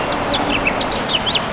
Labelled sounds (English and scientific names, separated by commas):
House Finch (Haemorhous mexicanus) song